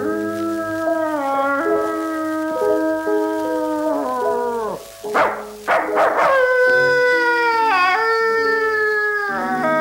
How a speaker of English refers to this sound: A howling dog.